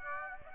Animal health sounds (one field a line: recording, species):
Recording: mosquito wingbeat signal from an infrared sensor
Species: Aedes aegypti